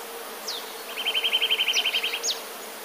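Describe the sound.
Eurasian nuthatch giving a fast, even trill of many clipped notes, framed by a few high downslurred whistles.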